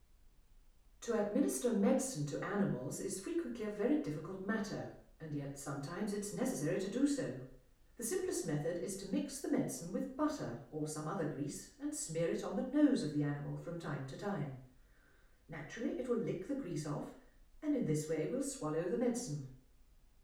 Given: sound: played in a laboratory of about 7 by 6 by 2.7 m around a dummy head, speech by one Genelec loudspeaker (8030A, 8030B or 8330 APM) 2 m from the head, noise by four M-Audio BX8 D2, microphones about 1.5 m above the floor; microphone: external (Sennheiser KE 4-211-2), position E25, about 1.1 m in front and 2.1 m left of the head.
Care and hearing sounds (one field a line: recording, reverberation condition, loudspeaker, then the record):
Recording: female speech in English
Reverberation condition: medium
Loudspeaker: 90 degrees to the right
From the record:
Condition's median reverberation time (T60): about 510 ms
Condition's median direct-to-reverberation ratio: about -0.5 dB